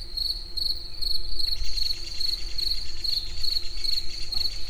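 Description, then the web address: Cricket chirping in steady, regularly spaced high trilled pulses, with a low constant hum beneath. Recorded outdoors in nature at the Eger tourist house. "tucsok. munkazaj esbagolyis egerturistahaz"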